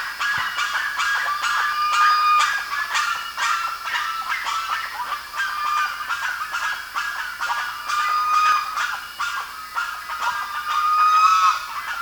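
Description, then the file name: Bird chatter, harsh clipped notes repeated about three times a second in an uneven stream, mixed with occasional longer whistled tones. "SABIOD 50 bird 2015"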